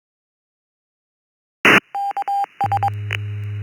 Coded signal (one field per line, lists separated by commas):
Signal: Morse code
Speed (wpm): 21 wpm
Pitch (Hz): 800 Hz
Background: none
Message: K S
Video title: East Cost Reflector open mic night Net 2025 04 16 20 00 13